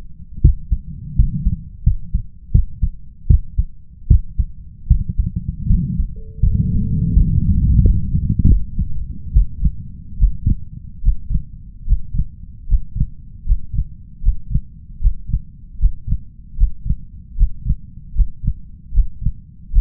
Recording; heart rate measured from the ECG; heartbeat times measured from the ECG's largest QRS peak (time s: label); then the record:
heart sounds by stethoscope; 78 bpm
0.41 s: heartbeat
1.15 s: heartbeat
1.83 s: heartbeat
2.51 s: heartbeat
3.26 s: heartbeat
4.07 s: heartbeat
4.87 s: heartbeat
5.66 s: heartbeat
6.39 s: heartbeat
7.13 s: heartbeat
7.81 s: heartbeat
8.46 s: heartbeat
9.32 s: heartbeat
10.17 s: heartbeat
11.01 s: heartbeat
11.85 s: heartbeat
12.66 s: heartbeat
13.44 s: heartbeat
14.21 s: heartbeat
14.99 s: heartbeat
15.78 s: heartbeat
16.55 s: heartbeat
17.35 s: heartbeat
18.13 s: heartbeat
18.91 s: heartbeat
19.70 s: heartbeat
From the record:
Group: healthy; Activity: rest 0-6 s, breath hold 6-20 s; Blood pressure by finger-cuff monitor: 124/72 mmHg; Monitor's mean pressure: 89 mmHg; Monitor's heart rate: 77 bpm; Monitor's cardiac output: 7.2 L/min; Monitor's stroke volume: 90 mL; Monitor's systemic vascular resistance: 930 dyn s/cm5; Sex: male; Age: 21 years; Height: 180 cm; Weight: 67.5 kg